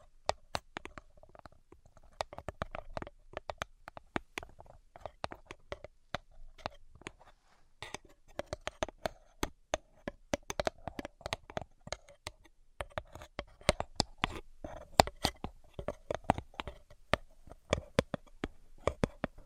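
Rapid, irregular tapping in dense bursts of sharp clicks, with brief pauses around eight and thirteen seconds and a faint steady hum beneath.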